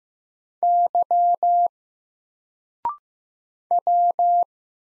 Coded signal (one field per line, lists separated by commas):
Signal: Morse code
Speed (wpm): 15 wpm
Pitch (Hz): 700 Hz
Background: none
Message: Y W